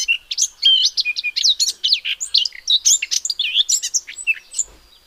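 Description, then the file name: Eurasian blackcap singing a rapid, tumbling warble of twisting whistled and chattering notes, loud and nearly continuous throughout. "Sylvia atricapilla"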